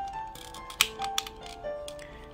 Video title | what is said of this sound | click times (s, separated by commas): BeastBOX BB 38 Gunpowder 猛獸匣 火爆 胡服騎射的玩具開箱 | 这里先把它给扣好了，因为这一侧已经OK 了。 | 0.8 s